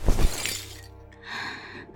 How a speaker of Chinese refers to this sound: 花瓶碎一地，卸成十几块碎片。